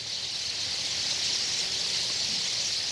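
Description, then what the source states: Tree swallows in a huge flock, a steady, dense, high wash of sound without pause. Flock of up to 300,000 tree swallows gathering at dusk in autumn to roost in marsh reeds on Goose Island near Old Lyme, Connecticut River, USA.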